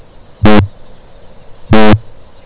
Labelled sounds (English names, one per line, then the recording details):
Kākāpō boom
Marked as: faintness 1/5
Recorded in New Zealand
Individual Stumpy